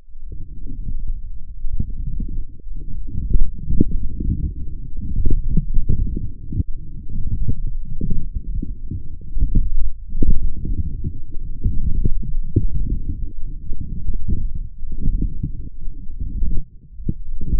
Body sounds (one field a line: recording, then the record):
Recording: forearm muscle sounds (acoustic myography)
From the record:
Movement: forearm pronation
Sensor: system 1, eight BSWA MPA416 microphones around the upper forearm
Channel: 8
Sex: male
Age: 20 years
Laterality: left